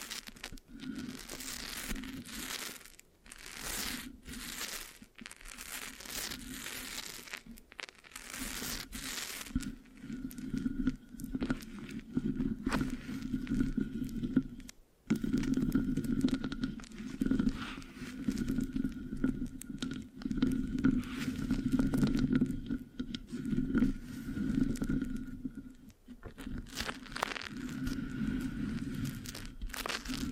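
Scratching and rubbing on a microphone, with dense, irregular bursts of crinkly, sticky texture that come and go through the whole stretch. A steady low hum sits underneath, and the rough scraping thins out briefly around the middle before building back up.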